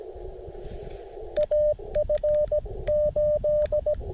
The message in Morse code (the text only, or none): AF8